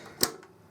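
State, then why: Seated. A fuel line quick-connect coupling is pushed onto the tank outlet of a 2013 Street Triple R motorcycle while the fuel tank is supported, during the airbox refit of its 6000 service. A sharp click at 0.2 s is followed by a much fainter tick at about 0.4 s, then quiet. The connector has seated, and its locking device is then pushed up so the fuel line can't come off.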